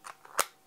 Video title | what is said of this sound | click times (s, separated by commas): Freewell Magnetic VND System - 1 system/ 7 features / 20 functions | and that will drop in like that and you'll actually hear the click | 0.4 s